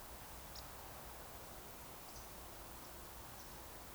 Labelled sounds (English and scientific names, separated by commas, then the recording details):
Eurasian Woodcock (Scolopax rusticola)
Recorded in Baden-Württemberg, Germany, on 29 June 2020 at 02:17 UTC
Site 43791, 788 m above sea level